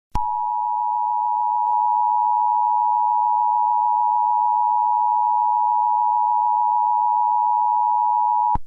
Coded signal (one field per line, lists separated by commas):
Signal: Emergency Alert System (SAME) tones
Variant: 853 and 960 Hz attention tone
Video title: EAS Scenario: 2050